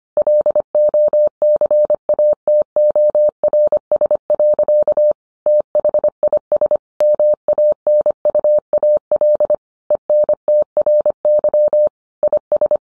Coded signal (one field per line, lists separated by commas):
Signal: Morse code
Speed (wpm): 25 wpm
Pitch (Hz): 600 Hz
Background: none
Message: LOCATORS. THIS MANUAL ENTRY IS